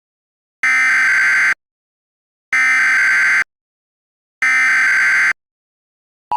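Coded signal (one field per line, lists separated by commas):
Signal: Emergency Alert System (SAME) tones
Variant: header bursts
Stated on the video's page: Fictional scenario, not a real alert.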